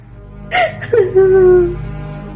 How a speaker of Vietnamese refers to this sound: Tiếng khóc của … òa vỡ sau câu nói.